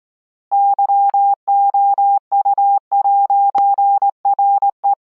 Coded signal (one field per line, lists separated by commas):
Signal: Morse code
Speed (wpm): 19 wpm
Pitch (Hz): 800 Hz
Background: none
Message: YOU'RE